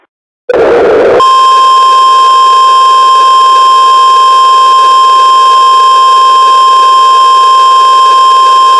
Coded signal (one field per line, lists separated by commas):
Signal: Emergency Alert System (SAME) tones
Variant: 853 and 960 Hz attention tone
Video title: EAS Scenario (my first one!) PUMPKINS! (13+)￼